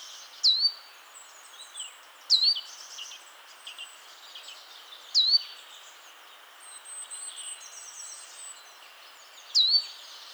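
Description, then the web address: Great tit calls: four sharp, down-sweeping whistled notes spread out over the stretch, with quieter chips and bird chatter filling the gaps. "SETE data Parus major"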